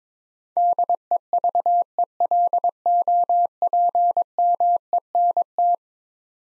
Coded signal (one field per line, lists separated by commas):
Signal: Morse code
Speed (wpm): 22 wpm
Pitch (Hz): 700 Hz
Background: none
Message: DEVELOPMENT